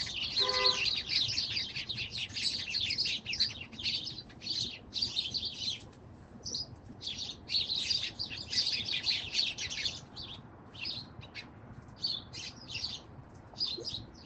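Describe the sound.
Bird chirps in dense, high, rapid bursts, many overlapping twittering notes that pause briefly and resume throughout.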